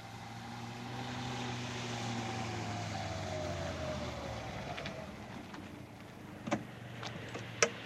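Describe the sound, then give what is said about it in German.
A car engine hums steadily with a low drone, its pitch gradually falling as the car arrives at a fisherman's hut on the coast and settles to a stop, followed by a couple of sharp clicks and clunks. “Ach ja, also so gerne ich Auto fahre, diese Fahrt gehörte nicht zu den schönsten Erinnerungen meines Lebens.”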